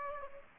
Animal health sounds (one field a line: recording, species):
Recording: mosquito wingbeat signal from an infrared sensor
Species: Aedes aegypti